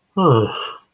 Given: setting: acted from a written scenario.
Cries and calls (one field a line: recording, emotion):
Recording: vocal sound without words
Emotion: contempt